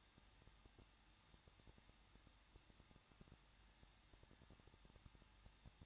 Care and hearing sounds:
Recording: daily activity, microphone in the room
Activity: no activity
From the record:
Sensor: 3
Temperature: 21.2 degrees Celsius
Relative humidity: 36.3%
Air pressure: 1006.3 hPa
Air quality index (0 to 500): 222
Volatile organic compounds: 41 ppm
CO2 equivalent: 3165 ppm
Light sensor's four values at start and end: 2/3/2/2 and 2/3/2/2

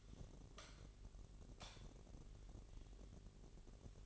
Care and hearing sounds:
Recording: daily activity, microphone in the room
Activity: light on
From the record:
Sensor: 4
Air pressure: 1012.7 hPa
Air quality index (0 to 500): 246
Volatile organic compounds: 4 ppm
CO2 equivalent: 1678 ppm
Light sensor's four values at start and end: 15/34/14/14 and 17/44/17/19

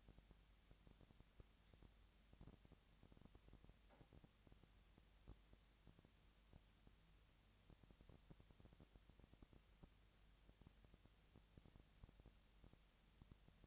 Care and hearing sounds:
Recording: daily activity, microphone in the room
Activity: no activity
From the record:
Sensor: 3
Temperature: 20.6 degrees Celsius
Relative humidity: 35.7%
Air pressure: 998.8 hPa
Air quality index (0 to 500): 236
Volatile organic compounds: 72 ppm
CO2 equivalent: 3539 ppm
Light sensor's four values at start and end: 2/3/2/2 and 2/3/2/2

